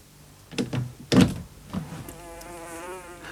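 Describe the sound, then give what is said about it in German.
A few short clattering knocks, then a housefly buzzing steadily, its thin droning hum wavering up and down in pitch as it flies off. “Oh, Wetter, da gebe ich nicht acht und meine Fliege schlüpft hinaus.”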